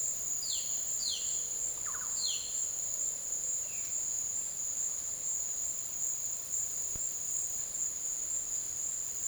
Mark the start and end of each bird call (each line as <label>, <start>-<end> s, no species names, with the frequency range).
bird call (0.7-5.8 kHz), 0.29-2.56 s
bird call (1.6-3.3 kHz), 3.52-3.99 s